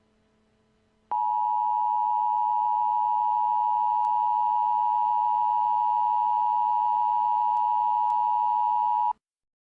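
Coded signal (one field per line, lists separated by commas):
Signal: Emergency Alert System (SAME) tones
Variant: 853 and 960 Hz attention tone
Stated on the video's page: Fictional mock EAS power outage alert from a zombie-outbreak series.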